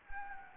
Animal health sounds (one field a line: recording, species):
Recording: mosquito wingbeat signal from an infrared sensor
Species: Anopheles gambiae